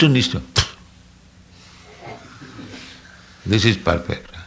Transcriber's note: makes spitting sound